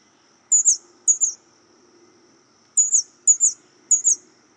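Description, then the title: White-chinned sapphire giving five high, sharp two-part chips, two and then three after a pause, over faint low background hum. Subspecies griseiventris. "LuckyPassaro Completos2Sama. White-chinned Sapphire (Hylocharis cyanus griseiventris)"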